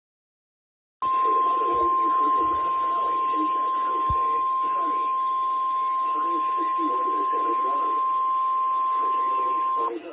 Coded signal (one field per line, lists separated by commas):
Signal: Emergency Alert System (SAME) tones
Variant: 1050 Hz attention tone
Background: speech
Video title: (ARCHIVED) EAS Tests (And severe weather) EAS #39 -51